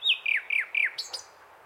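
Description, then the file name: Common nightingale song: four loud down-slurred whistled notes in steady rhythm, then two short high clicks. "Luscinia megarhynchos"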